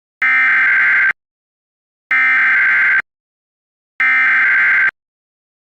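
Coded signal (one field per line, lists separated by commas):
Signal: Emergency Alert System (SAME) tones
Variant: header bursts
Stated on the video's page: Fictional EAS scenario with mock alerts, not a real broadcast.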